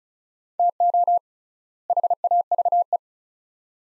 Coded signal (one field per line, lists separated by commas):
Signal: Morse code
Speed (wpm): 36 wpm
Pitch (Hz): 700 Hz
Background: none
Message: TO HAVE